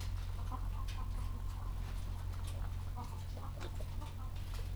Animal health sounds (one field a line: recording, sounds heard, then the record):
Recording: poultry house recording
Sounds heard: sick chickens (respiratory disease)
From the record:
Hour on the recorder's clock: 13